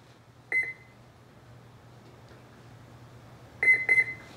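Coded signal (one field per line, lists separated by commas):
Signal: beep code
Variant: brushless ESC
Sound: one short 2 kHz beep, a pause, then two quick beeps over a low hum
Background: low electrical hum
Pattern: 2 short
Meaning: The ESC has registered full throttle during calibration; the throttle should now go to zero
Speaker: Gonna plug it in. We're gonna listen for 2 beeps.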